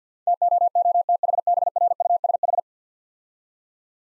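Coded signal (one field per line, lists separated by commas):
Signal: Morse code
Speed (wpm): 50 wpm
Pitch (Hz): 700 Hz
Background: none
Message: TOOTHBRUSH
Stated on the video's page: Morse speed drill of easy words at 50 wpm with contextual hints.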